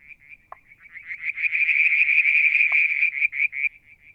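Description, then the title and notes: Frog trilling in quick high pulses that swell into a dense rattle and break up at the end, with two short lower taps. Striped marsh frog, Verreaux's tree frog and an unidentified frog; Mount Wilson, New South Wales, Australia; July 2022; evening, near a water tank. "Frog song, Mount Wilson, New South Wales, Australia in July 2022 – by Alexander Moffatt. Limnodynastes Peronii, Litoria Verreauxii and a mystery frog one evening near the water tank"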